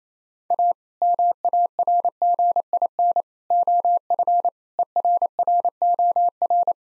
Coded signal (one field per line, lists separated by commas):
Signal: Morse code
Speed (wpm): 28 wpm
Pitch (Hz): 700 Hz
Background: none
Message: A MARGIN OF ERROR